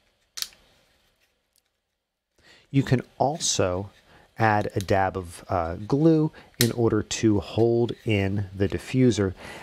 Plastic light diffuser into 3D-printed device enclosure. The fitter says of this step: and everything should click in quite nicely